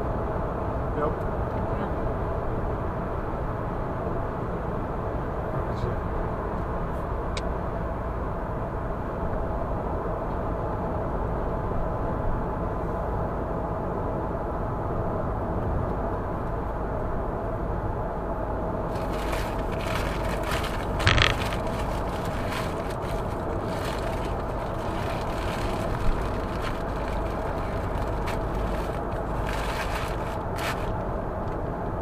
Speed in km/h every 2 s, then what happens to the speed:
106, 104, 101, 99, 98, 96, 95, 93, 91, 90, 90, 90, 88, 90, 91, 88.
0-17 slows to 90. 17-32 steady at about 90.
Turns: none.